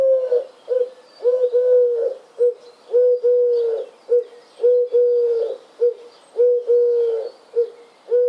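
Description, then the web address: Bird cooing steadily: low, hollow notes in a repeated two-part pattern, a short note then a long drawn coo, cycling regularly. "Deverinetal 2025 File origin Bird Only"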